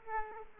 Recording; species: mosquito wingbeat signal from an infrared sensor; Aedes aegypti